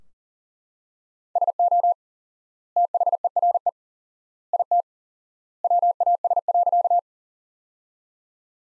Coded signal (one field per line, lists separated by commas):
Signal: Morse code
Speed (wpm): 40 wpm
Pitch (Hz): 700 Hz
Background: none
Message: SO THERE IT WAS.